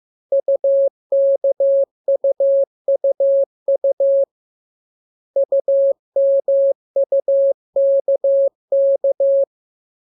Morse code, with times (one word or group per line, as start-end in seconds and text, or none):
0.3-4.2 UKUUU
5.4-9.4 UMUKK